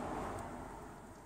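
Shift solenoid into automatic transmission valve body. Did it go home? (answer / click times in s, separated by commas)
no / none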